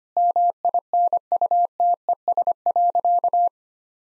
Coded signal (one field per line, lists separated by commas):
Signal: Morse code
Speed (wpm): 25 wpm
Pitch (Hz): 700 Hz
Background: none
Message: MINUTES.